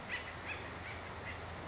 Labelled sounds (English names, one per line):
Acorn Woodpecker